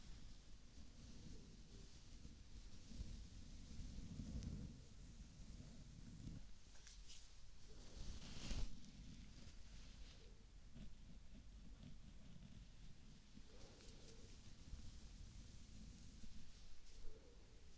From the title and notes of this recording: ASMR Relaxing Hair Brushing, Scalp Scratching/Treatment and Massage.